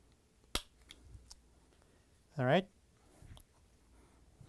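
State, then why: Seated. A part of a Whirlpool/KitchenAid/Maytag washer transmission is pushed onto its mount or shaft with a flat blade screwdriver during gearcase and transmission reassembly, including the 285352 gearcase oil seal. A sharp click at 0.6 s shows the part locking into place, followed by a few faint ticks. Someone then talks, and the part is seated.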